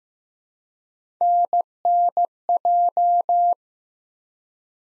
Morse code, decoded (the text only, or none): NNJ